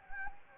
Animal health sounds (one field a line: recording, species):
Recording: mosquito wingbeat signal from an infrared sensor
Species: Anopheles gambiae